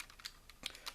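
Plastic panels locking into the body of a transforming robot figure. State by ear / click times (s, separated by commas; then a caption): seated / 0.7 s. Plastic panels on a Toyworld TW-H04G Grant transforming robot figure in city mode, with its legs folded down and forward, are slid in along two small guide parts. A few light plastic clicks and taps are heard, with the loudest sharp click at 0.7 s as the panels lock into place. The panels are seated.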